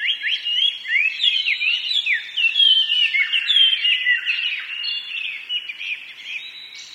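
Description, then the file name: Chinese hwamei singing a rich, continuous medley of varied whistles, slurs and quick twittering notes, rising and falling without pause for seven seconds. "gabicho"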